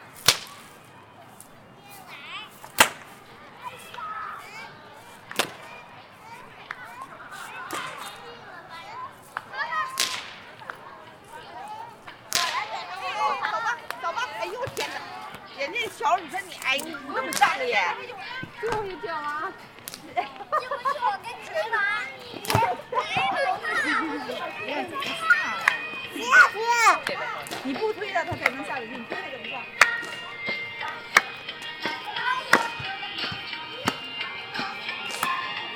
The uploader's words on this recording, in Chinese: 城市声音。北京地坛。